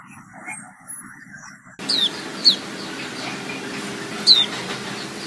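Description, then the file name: White-eye calls: three thin, falling high notes after a stretch of low background noise. Female. "suara pleci betina omkicau"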